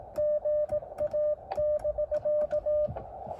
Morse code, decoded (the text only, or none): GA <BK>